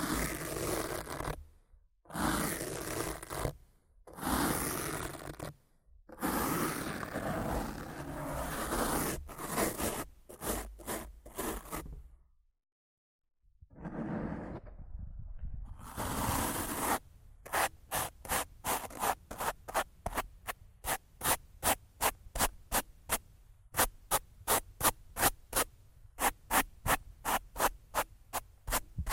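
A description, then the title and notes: Rough scratching and brushing on a microphone, first in long rasping strokes of a second or two separated by short silences. After a quiet pause near 13 seconds, the strokes speed up into a rapid, regular series of short bright scratches that continue to the end. ASMR Rough Mic Scratching & Brushing (No Talking).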